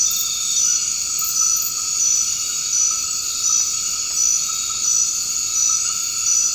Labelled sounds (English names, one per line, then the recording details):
none
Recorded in dense forest near Puerto Asís, Putumayo, Colombia, on 24 March 2025 at 21:00
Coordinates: 0.485, -76.318
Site G056